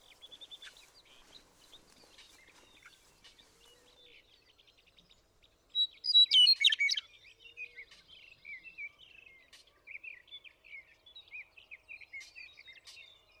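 Western meadowlark song: one vigorous, fluty, warbled phrase in the middle, set against continuous soft, high chipping and twittering.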